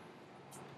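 An Advanblack Edgeline LED taillight assembly is pushed into its mount on the saddlebag of a Harley Low Rider ST, with steady low broadband rumble and a brief high-pitched hiss around 0.5 to 0.6 seconds. Nothing has seated or clicked yet; the clip ends just before the taillight goes home.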